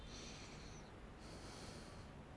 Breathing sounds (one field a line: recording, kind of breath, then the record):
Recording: one breath in and out by a microphone near the nose and mouth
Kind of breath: deep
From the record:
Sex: male